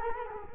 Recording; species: mosquito wingbeat signal from an infrared sensor; Culex quinquefasciatus